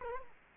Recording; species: mosquito wingbeat signal from an infrared sensor; Culex quinquefasciatus